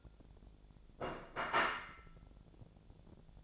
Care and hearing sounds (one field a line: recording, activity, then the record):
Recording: daily activity, microphone in the room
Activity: place plate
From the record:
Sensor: 5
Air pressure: 1000.3 hPa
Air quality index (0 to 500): 120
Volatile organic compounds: 1 ppm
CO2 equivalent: 954 ppm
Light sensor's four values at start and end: 95/226/96/104 and 95/225/96/104